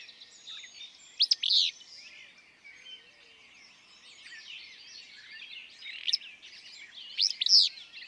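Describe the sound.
Willow flycatcher giving burry, explosive two-part phrases near the start and again toward the end, amid a continuous jumble of other bird songs.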